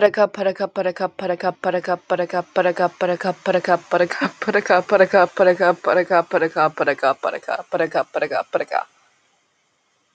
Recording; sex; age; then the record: repeated syllables /pa ta ka/; female; 18 to 19 years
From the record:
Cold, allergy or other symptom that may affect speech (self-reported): no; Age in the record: 18 years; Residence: Kentucky, United States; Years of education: 1